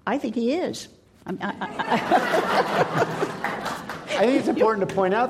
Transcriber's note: laughs